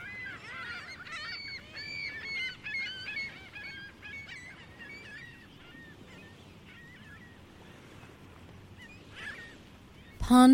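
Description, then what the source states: Gulls calling in a busy chorus, many overlapping yelping and mewing cries in the first half, fading to scattered calls, with a sudden loud clatter at the end. Gulls at a busy beach on Lake Ontario.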